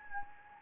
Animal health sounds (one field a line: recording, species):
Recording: mosquito wingbeat signal from an infrared sensor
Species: Anopheles gambiae